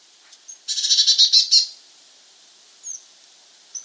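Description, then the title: Eurasian blue tit giving a buzzy, rapidly pulsed churring scold lasting about a second, with a few thin, high, short notes before and after. "Gelatikbt. Eurasian Blue Tit (Cyanistes caeruleus)"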